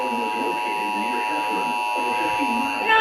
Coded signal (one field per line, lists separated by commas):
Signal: Emergency Alert System (SAME) tones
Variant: 853 and 960 Hz attention tone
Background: speech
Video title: TORNADO WARNING FOR BIENVILLE!! EAS ALERTS FROM 4/15/2023! [EAS #1430 - #1495]